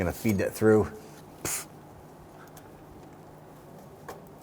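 Someone talks while feeding the barrel-end housing of a new rear parking brake cable, with its two spring lock tabs, through its mounting bracket on a 2007-2014 Cadillac Escalade 6.3L V8. A short broadband rustle comes at about 1.5 s, then faint small ticks at 2.6, 4.1 and 4.4 s over quiet background. The housing has not locked into the bracket yet, and nothing has seated or clicked.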